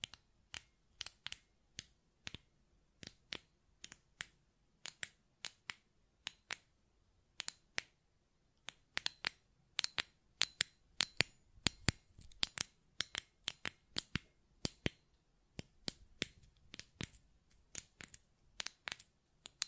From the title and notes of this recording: ASMR Button Clicking and Tapping Sounds (No Talking).